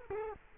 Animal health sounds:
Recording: mosquito wingbeat signal from an infrared sensor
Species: Culex quinquefasciatus

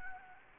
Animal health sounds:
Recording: mosquito wingbeat signal from an infrared sensor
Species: Anopheles gambiae

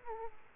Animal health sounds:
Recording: mosquito wingbeat signal from an infrared sensor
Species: Aedes aegypti

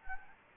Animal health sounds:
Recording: mosquito wingbeat signal from an infrared sensor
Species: Anopheles gambiae

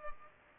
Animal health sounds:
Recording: mosquito wingbeat signal from an infrared sensor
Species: Culex pipiens

